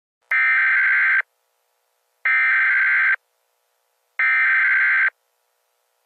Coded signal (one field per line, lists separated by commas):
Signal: Emergency Alert System (SAME) tones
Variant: header bursts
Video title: EAS Scenario: Kansas Tornado Disaster